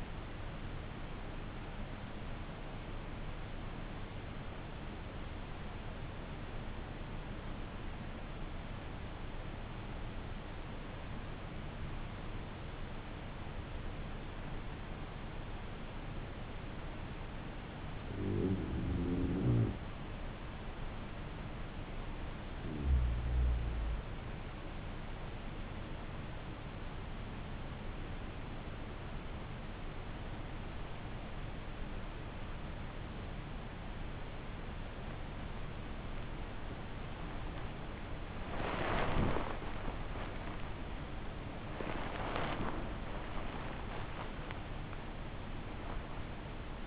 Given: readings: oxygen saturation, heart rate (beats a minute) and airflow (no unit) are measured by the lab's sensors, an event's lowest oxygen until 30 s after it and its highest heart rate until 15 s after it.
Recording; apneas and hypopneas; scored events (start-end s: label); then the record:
breathing in sleep by a voice recorder at the bedside; 1
3.00-36.10 s: hypopnea (N2, oxygen 95% highest, then 94% lowest, heart rate 53 at the start, 82 highest)
44.00-46.87 s: new sleep stage, N1 (lightest sleep)
From the record:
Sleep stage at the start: N2 (light sleep); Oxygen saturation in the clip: 94 to 95%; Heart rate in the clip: 52 to 76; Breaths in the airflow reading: 9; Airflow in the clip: -9.0 to 8.8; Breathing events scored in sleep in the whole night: 304 in 5.6 hours asleep